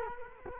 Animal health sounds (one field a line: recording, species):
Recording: mosquito wingbeat signal from an infrared sensor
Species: Culex quinquefasciatus